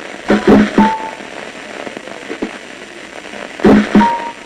The sound of individual neurons inside the monkey's brain chattering away as it's about to make a decision.